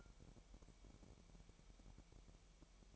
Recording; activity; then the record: daily activity, microphone in the room; take from stove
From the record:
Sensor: 1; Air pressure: 1012.1 hPa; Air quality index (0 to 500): 218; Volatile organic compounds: 5 ppm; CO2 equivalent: 1742 ppm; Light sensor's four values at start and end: 74/176/74/78 and 74/176/74/78